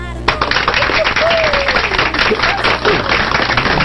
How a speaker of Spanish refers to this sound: ¡Sí! ¡Aplausos!